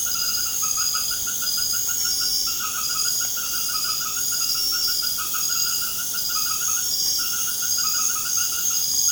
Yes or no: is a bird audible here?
no